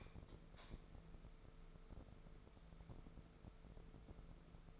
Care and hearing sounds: daily activity, microphone in the room; light off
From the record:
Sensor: 5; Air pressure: 1014.6 hPa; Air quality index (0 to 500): 154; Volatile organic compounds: 4 ppm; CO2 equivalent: 1696 ppm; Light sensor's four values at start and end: 75/181/74/78 and 74/178/73/77

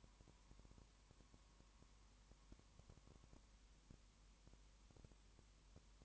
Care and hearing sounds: daily activity, microphone in the room; no activity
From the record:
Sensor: 1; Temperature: 19.7 degrees Celsius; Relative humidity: 40.5%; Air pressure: 1010.7 hPa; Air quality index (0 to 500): 209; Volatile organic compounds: 56 ppm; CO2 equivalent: 3375 ppm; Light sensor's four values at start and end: 1/2/1/1 and 1/2/1/1

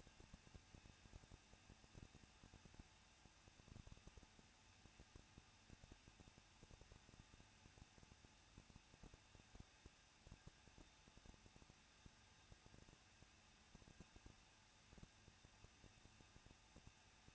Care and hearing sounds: daily activity, microphone in the room; no activity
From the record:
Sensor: 2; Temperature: 21.0 degrees Celsius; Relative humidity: 37.3%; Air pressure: 1006.2 hPa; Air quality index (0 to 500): 222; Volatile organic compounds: 24 ppm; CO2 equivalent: 2809 ppm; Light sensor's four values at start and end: 2/3/2/2 and 2/3/2/2

